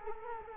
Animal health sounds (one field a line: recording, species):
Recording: mosquito wingbeat signal from an infrared sensor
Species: Culex quinquefasciatus